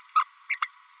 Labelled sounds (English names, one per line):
Green-rumped Parrotlet babbling